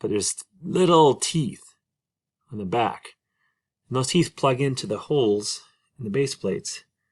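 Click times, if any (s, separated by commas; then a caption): none. A bushing with small teeth on its back is being handled so the teeth can go into the holes in a base plate. Someone talks throughout, with short pauses and no distinct click. Nothing has seated or clicked yet.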